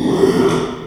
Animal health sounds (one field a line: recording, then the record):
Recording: squeal of a Yucatan mini pig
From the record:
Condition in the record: after surgery on the right vocal fold (resection and tissue-engineered implant)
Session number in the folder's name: 1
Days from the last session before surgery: 6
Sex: male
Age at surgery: 12 weeks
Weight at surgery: 13 kg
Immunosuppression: cyclosporine, prednisolone